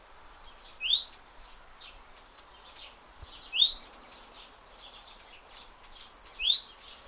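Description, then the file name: Great tit with three evenly spaced two-note phrases, a high piping note then a lower rising one, about every three seconds, with soft chirping behind. "Parus major"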